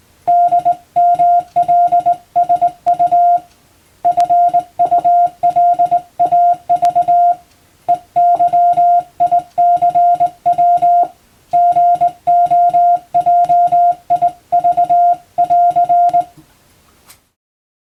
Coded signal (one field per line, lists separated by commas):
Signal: Morse code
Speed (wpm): 20 wpm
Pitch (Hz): 700 Hz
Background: music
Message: DMLSU FULAV EYICW GOJIV<AR>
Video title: 無線従事者国家試験総合無線通信士電気通信術のトレーニングにＣＷを打ってみました。アマチュア無線ハムの受信練習にもどうぞ(morse code practice for radio operator )